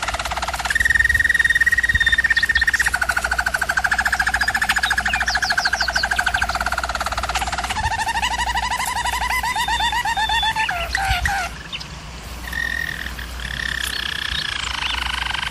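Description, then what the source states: German Roller canary delivering a long rolling song with repeated pitch changes and a brief quieter break near the end, steady low hum beneath. German Roller canary song for training canaries.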